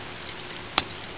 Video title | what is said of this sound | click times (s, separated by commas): TransFormers Revenge of the Fallen: Bluesteel Sideswipe Review! | and you can now bring the arms bring them up and just clip and align everything there | 0.8 s